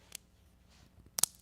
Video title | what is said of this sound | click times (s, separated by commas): Wranglerstream 050 | when you lock it together listen | 1.2 s